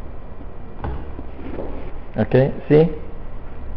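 A micrometer's ratchet thimble turns the spindle closed onto the anvil to read the zero error, stopping at a single ratchet click at 0.8 s so no extra pressure goes on the measuring faces; two clicks would mean the reading must be repeated. The one click is confirmed, marking the set torque, and someone talks afterward.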